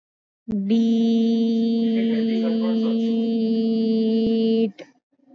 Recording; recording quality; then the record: sustained vowel as in beet; excellent, no background noise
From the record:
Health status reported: exposed to COVID-19, no respiratory illness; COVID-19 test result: not tested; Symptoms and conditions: sore throat, muscle pain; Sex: female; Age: 25 years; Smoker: not ticked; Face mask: worn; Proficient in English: yes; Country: India